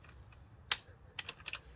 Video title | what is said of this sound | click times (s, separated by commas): BMW N52 Oil Filter Housing Gasket and Oil Cooler Housing Gasket Replacement Full guide | that's done it's 22 newton meters i heard the click so that's nice and secure and then | 0.7 s